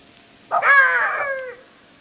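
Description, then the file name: Jackal howl: a single wailing cry rising sharply then sliding slowly downward for about a second, rich and harmonic, against faint background hiss. "zvuki shakala"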